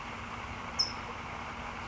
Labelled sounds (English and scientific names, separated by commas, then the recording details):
California Towhee (Melozone crissalis)
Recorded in Sonoma County, California